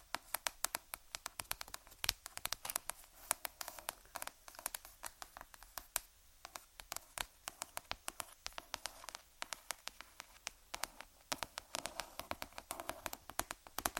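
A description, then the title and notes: Tapping on random objects, a dense, uneven stream of sharp clicks and knocks running the whole length without pause. The taps come in quick irregular clusters, bright and crisp, with a few louder hits standing out over a quiet, faint hiss. ASMR Tapping On Random Objects. (Long Nails).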